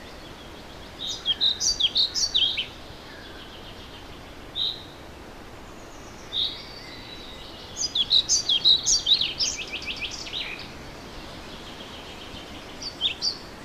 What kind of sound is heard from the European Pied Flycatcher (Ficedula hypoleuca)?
song